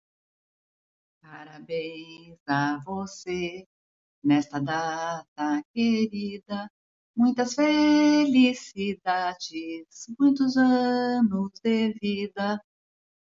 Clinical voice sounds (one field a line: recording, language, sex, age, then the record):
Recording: short text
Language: Brazilian Portuguese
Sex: female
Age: 50 to 59 years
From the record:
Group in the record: control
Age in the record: 59 years